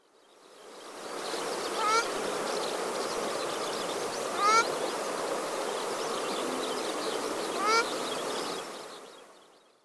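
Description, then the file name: Ruddy shelduck calls: three separate rising, nasal notes spaced a few seconds apart, over a steady droning background noise. Recorded at Tamana, Japan, on 15 February 2018. "akatsukushi tamana yanagawa"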